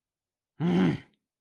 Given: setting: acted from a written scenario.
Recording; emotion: vocal sound without words; anger